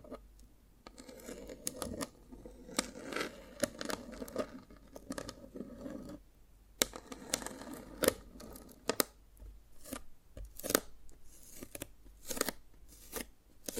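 Tapping and cracking on dalgona candy, a run of sharp, bright clicks and snaps spaced irregularly across the whole stretch. Some taps land singly, others in quick little clusters, over a soft scraping rustle, with a brief quiet gap just after six seconds.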